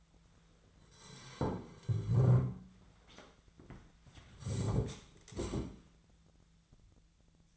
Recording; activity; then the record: daily activity, microphone in the room; sit down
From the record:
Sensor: 3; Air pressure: 1008.2 hPa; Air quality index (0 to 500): 192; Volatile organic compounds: 14 ppm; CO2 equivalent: 2468 ppm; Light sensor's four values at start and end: 14/34/14/14 and 14/32/14/14